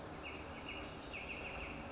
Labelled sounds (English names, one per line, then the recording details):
California Towhee
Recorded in Sonoma County, California